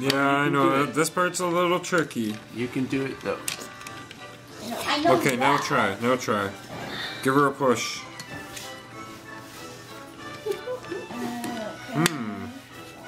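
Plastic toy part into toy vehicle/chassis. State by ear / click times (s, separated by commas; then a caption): seated / 12.1 s. A child pushes a plastic toy part, apparently a figure or seat piece, firmly into a toy vehicle chassis while someone talks over background music. A sharp click at 12.1 s confirms the piece has seated in place.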